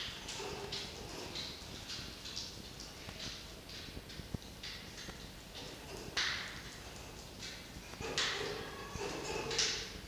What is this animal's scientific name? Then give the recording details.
Vulpes vulpes. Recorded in captivity. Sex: male. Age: adult. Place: Zoologisches Institut der HUB, Berlin, DE. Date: 1953-03-17 18:45. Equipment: Elmetra. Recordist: Tembrock, Günter